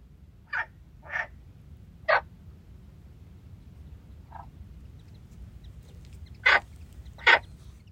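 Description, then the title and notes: Frogs croaking sparsely, a handful of short raspy calls with long quiet gaps between them, over low background noise. Frogs singing by the stone bridge at Lagoa de Traba lagoon. "Lagoa De Traba Rás. Rás cantando na Lagoa de Traba. Gravación das rás cantando no ponte de pedra da Lagoa de Traba"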